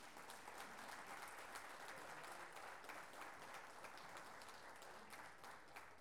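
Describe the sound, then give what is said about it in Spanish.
A crowd claps steadily for several seconds to welcome performers of songs and poems at the first Encuentro Pluricultural Pueblo de las Lenguas Vivas in Salta, a dense, even patter of many hands with no break or swell, and no voices rising above it. “Un fuerte aplauso para ellos, por favor.”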